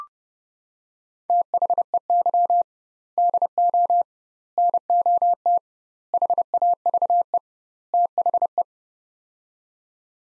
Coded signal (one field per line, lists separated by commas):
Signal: Morse code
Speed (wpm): 32 wpm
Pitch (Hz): 700 Hz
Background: none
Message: THEY DO NOT HAVE THE